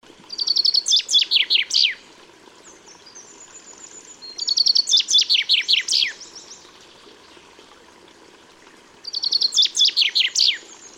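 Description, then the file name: Common chaffinch repeating a cheerful descending trill with an emphatic ending, three phrases a few seconds apart, with faint high-pitched notes from another bird between phrases. "Fringilla coelebs"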